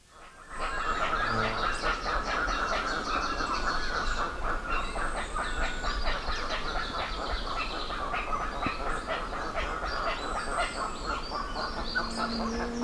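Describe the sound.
Guan calls: a dense chorus of loud, harsh honking notes repeated rapidly and steadily throughout, with faint whistles of other birds.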